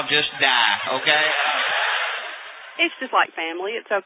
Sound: laughter